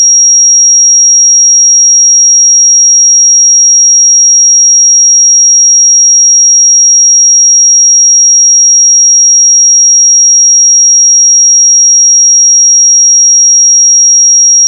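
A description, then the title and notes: A pure 5640 Hz sine tone holds perfectly steady and unchanging for the full length, high and thin, with silence otherwise. 5640 Hz 1 Hz Interval Sine Pure Tone Frequency 441000 Sample Mono.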